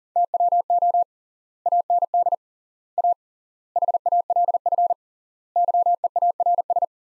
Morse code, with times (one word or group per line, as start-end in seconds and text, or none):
0.2-1.0 TWO
1.7-2.3 AND
3.0-3.1 A
3.8-4.9 HALF
5.6-6.8 YEARS